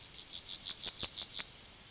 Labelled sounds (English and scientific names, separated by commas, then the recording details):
Yellowhammer (Emberiza citrinella) song
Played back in forest
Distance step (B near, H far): B
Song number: 171